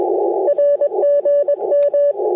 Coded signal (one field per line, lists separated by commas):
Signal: Morse code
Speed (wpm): 21 wpm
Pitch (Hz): 590 Hz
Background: none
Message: R GM